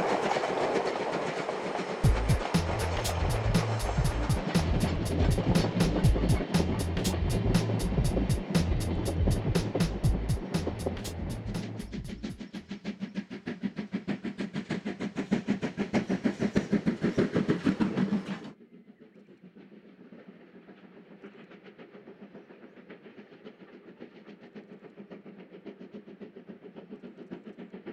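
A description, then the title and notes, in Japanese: A steam locomotive hauling a train passes, its rapid chuffing beats filling the first twelve seconds over low rumbling. The beats fade while the rolling cars keep clattering until about eighteen seconds, then the sound drops to a quieter rumble and hum. JR磐越東線を走るC11 325牽引の「SLあぶくま号」です。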